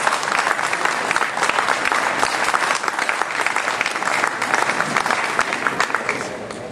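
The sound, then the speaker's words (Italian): Sustained audience applause for a man at a 2011 primary election event in Como, Italy: a dense steady patter of many hands clapping at an even loudness for several seconds, with no talk over it. “Un altro applauso a questo signore bravissimo.”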